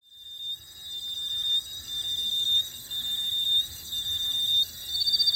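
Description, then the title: Insects calling in a steady, high-pitched continuous drone, with a pulsing trill starting near the end. Roadside in Koforidua, Ghana, evening, 6 March 2022; insects in the foreground calling repetitively and melodiously in distinctive channels. "Melodies and critters, Koforidua, Ghana"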